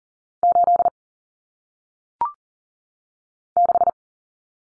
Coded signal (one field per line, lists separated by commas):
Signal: Morse code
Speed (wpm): 39 wpm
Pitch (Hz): 700 Hz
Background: none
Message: 8 6